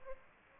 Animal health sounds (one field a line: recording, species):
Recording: mosquito wingbeat signal from an infrared sensor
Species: Aedes aegypti